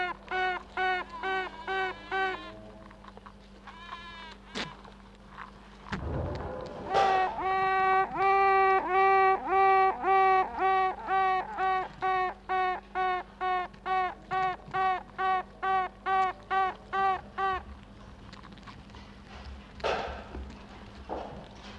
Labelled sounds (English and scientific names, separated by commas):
Honey Bee (Apis mellifera)